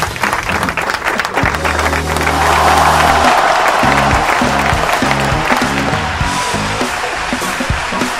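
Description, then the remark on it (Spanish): A studio audience applauds steadily for several seconds at the start of the show Que sea rock, a dense, even clatter of clapping, while low musical notes play underneath, first a sustained chord, then short rhythmic stabs. “Bueno, aplauso. Gracias a la gente por venir, como siempre.”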